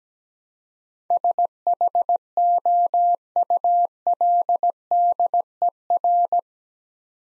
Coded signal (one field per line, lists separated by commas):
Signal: Morse code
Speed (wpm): 17 wpm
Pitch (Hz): 700 Hz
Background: none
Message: SHOULDER